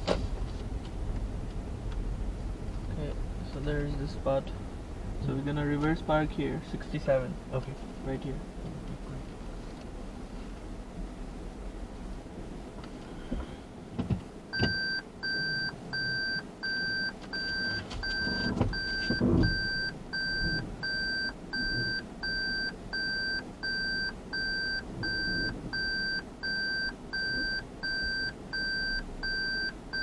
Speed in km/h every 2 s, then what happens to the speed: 10, 9, 8, 0, 0, 0, 0, 0, 0, 0, 0, 0, 0, 0, 0.
0-6 slows to 0. 6-30 standing.